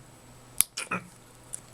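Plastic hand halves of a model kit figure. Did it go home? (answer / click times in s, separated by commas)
released / 0.6 s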